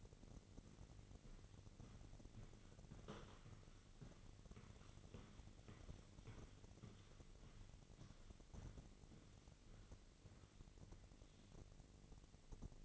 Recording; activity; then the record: daily activity, microphone in the room; walk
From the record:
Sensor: 4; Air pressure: 1002.4 hPa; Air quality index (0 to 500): 216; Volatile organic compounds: 12 ppm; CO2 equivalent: 2334 ppm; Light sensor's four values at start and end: 21/71/26/26 and 21/71/26/26